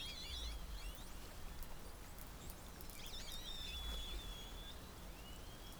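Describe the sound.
Whale calls: wavering warbled whistles rising and dipping, one drawn into a long steady tone, with brief clicks over a constant low rumble.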